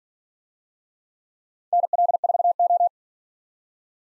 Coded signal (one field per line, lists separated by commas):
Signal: Morse code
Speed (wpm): 47 wpm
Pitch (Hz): 700 Hz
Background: none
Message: NL4O